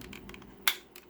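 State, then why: Seated. The ankle joint of a plastic Transformers Studio Series 86 Slug (Slag) action figure is moved back into place in its leg, with faint light ticks before a sharp, bright click at 0.7 s as the ratchet or tab snaps home. The joint clicks back in and seats firmly, so the part is not loose.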